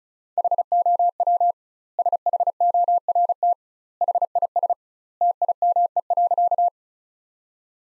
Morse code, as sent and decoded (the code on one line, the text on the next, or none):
.... --- .-- / ... .... --- .-. - / .... .. ... / - .. -- . .-.-.-
HOW SHORT HIS TIME.